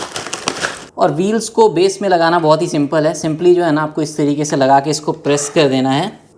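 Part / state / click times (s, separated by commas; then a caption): office chair caster wheel stem into chair base socket / not seated / none. A caster wheel with a metal stem for a Vergo Core High Back ergonomic office chair is handled by hand as it is lined up to be pushed into its socket in the chair's star base. Short crinkling and handling noises sound in the first second, then someone talks. Nothing has seated or clicked yet.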